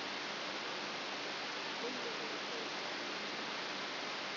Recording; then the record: brain microelectrode recording played as sound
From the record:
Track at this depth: inside the subthalamic nucleus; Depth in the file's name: 4.302 mm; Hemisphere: left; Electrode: 3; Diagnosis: Parkinson's disease